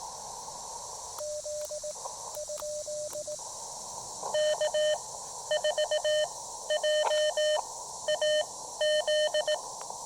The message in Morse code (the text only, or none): Z? K4JAZ